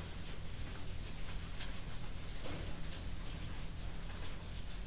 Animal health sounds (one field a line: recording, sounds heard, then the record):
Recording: poultry house recording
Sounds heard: no chicken sound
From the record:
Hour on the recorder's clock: 0